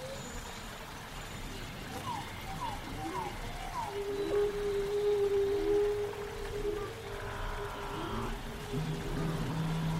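Dinosaur sounds: a low, rumbling growl runs throughout, with a long, steady moaning tone rising in from about four seconds and holding to around seven. Short chirping squeaks repeat near the start, and a deeper droning call returns near the end.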